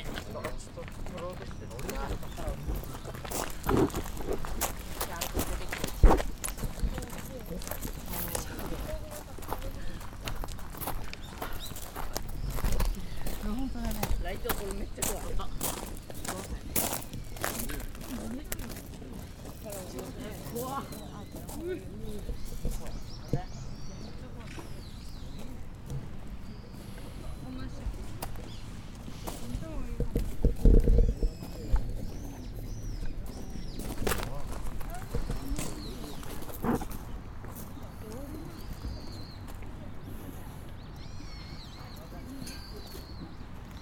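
A walk through the grounds of Nijō Castle in Kyoto, with a steady murmur of voices and sharp clicks and knocks scattered throughout, like footsteps and handled objects. Brief bird chirps appear in the second half, and a louder thud lands around thirty seconds.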